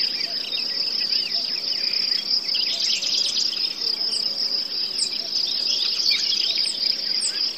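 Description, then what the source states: Forest birds, cuckoos and crickets: high unbroken cricket trilling with many quick bird chirps and a few sharp high notes in the second half. Forest; birds, cuckoos and crickets heard together.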